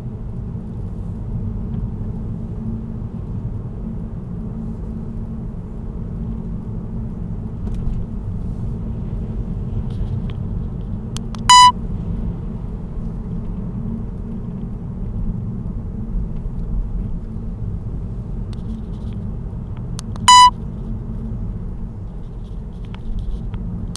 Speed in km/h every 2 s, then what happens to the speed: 45, 46, 47, 49, 50, 52, 49, 47, 45, 43, 43, 43.
0-11 steady at about 47. 11-24 slows to 43.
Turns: none.